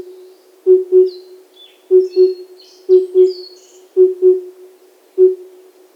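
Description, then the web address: Cuckoo hooting: low paired hoots, a double 'poo-poo' repeated about every second, with high chirps from other birds above. Hooting in the wild in Hokkaido. "Google Sounds Sound Matters. Cuckoo hoots in wild hokkaido"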